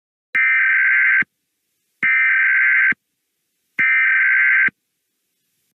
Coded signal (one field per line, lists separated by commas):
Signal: Emergency Alert System (SAME) tones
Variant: header bursts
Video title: EAS Scenario - The Warning